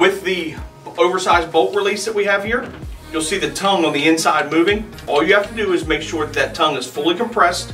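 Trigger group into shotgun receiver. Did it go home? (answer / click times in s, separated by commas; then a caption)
no / none. Someone talks over background music while handling the removable trigger group of a Retay Arms Masai Mara 12-gauge 3.5-inch inertia shotgun, with the oversized bolt release's tongue compressed so the trigger group can be slid back into the receiver. Nothing has seated or clicked yet when the clip ends.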